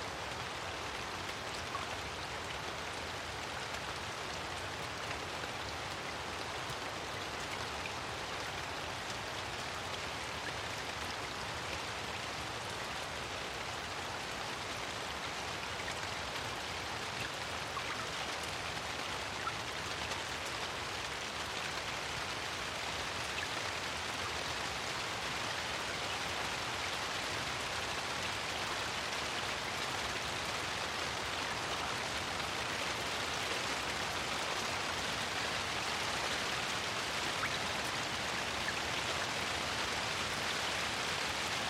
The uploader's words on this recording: Rain, Heavy, Small Drops on Waterlogged Vegetation. Constant heavy rain with small drops on on vegetation waterlogged with puddles.